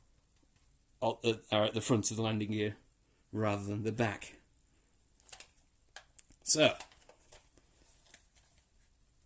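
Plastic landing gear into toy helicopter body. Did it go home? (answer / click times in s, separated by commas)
no / none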